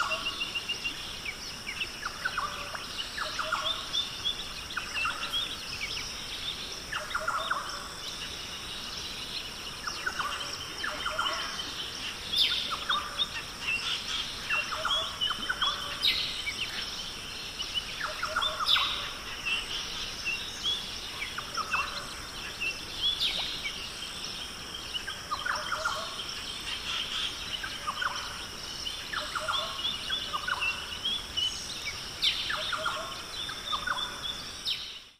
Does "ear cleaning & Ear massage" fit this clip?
no